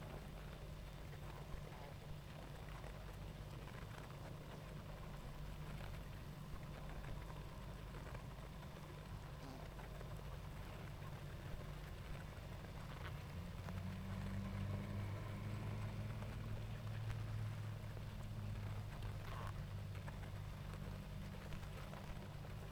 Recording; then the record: honeybee colony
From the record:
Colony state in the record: active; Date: 28 July 2017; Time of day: 19:50